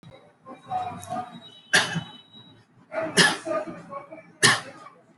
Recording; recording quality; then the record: shallow voluntary cough; moderate, slight background noise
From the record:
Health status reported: healthy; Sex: male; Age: 32 years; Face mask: not worn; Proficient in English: yes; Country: India